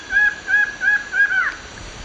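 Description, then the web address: Plain-winged antshrike duet: a short series of nasal, slightly arched notes, the last one breaking off. Duet; eastern lowlands of South America. "Natures Songs S America Eastern Lowlands. Thamnophilus schistaceus, duet"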